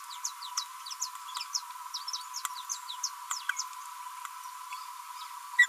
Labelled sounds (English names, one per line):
Green-rumped Parrotlet babbling